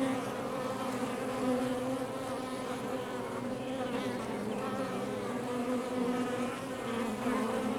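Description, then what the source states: Honey bees produce a thick, unbroken hum, several wingbeat tones weaving over one another at an even loudness. Recorded outside the hive.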